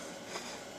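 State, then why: Not seated. A keyed engine wiring harness connector is slid onto its mating connector near the distributor and pushed up. Only steady broadband background noise is heard, with a brief faint swell around 0.4 s. Nothing has seated or clicked yet.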